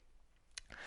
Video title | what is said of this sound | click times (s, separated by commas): Strapcode Super-J Louis Watch Bracelet Review (Seiko SKX007 SKX009) | click when opening and closing the bracelet I like that loud clicking sound | 0.6 s, 0.7 s